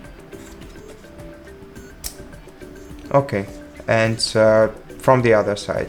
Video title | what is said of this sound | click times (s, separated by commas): APPLE Watch Ultra 3 – How to Change Straps Easily | until it clicks. | 2.1 s